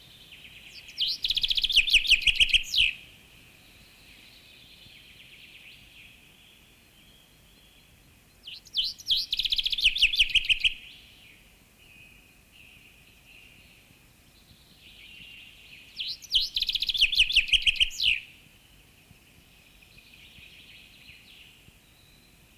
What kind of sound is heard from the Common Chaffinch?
song